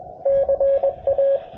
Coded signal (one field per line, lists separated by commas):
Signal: Morse code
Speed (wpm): 28 wpm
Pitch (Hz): 530 Hz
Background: radio noise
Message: CA